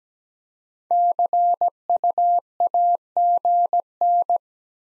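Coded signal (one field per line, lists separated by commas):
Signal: Morse code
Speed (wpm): 17 wpm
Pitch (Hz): 700 Hz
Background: none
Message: CUAGN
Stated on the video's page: Morse drill of common QSO elements at 17 wpm for head-copy, each sent, then spoken, then sent again.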